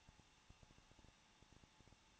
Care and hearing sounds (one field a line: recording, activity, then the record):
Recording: daily activity, microphone in the room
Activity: no activity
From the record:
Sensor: 1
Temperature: 20.1 degrees Celsius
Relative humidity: 39.1%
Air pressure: 1006.3 hPa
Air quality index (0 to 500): 216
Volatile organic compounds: 74 ppm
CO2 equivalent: 3557 ppm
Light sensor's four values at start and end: 1/2/1/1 and 1/2/1/1